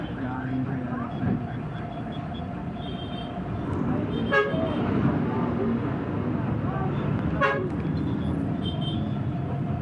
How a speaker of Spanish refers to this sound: Sí, el tráfico empieza a las 6, ¿no?